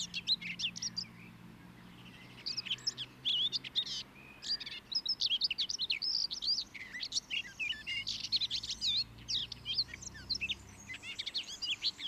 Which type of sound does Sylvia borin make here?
song